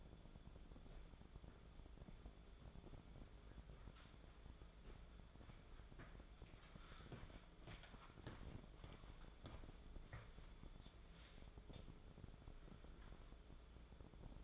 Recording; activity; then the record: daily activity, microphone in the room; walk to room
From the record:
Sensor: 5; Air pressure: 1010.5 hPa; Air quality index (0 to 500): 111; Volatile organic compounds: 2 ppm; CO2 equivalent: 1093 ppm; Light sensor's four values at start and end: 452/1181/485/561 and 618/1520/645/772